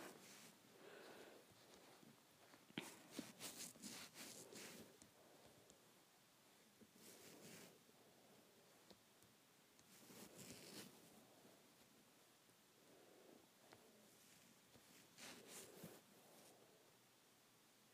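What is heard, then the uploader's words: Hair is handled and rubbed in bursts of soft, crackly rustling, with louder scratchy flurries around 3, 7, 10 and 15 seconds. Between them the rubbing continues more quietly as a low, dense shuffling, with a faint steady hiss underneath. Playing with my Hair.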